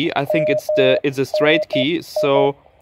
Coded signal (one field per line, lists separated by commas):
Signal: Morse code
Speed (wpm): 12 wpm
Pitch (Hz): 610 Hz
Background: speech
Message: MNI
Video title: New chinese uSDX handheld QRP transceiver unboxing, review, manual guide and first QSO´s on Youtube